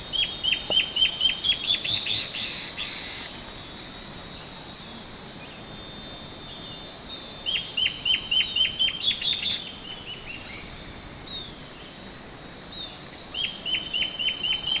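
Bird calls: three bursts of rapid, clipped notes repeated in even series, set against a steady high-pitched hiss.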